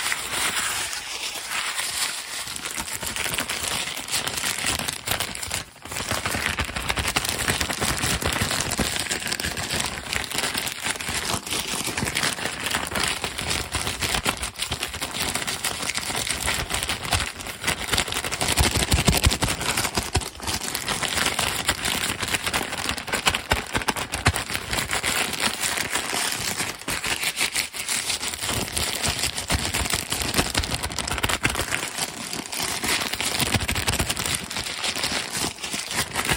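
Fast, aggressive lo-fi tapping and scratching runs without pause for the whole stretch, a dense crinkling, crackling texture of rapid clicks and scrapes. The level stays loud and fairly even, with brief dips near 6 and 28 seconds and a thin high whine throughout.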